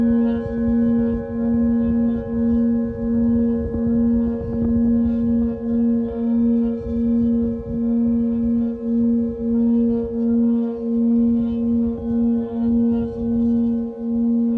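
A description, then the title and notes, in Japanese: A singing bowl rings continuously with a low steady hum and a higher tone, pulsing gently about twice per second throughout, with soft low rumble beneath. メキシコから シンギングボウルのサウンドヒーリング ライブ。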